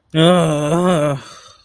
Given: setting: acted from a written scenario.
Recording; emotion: vocal sound without words; sadness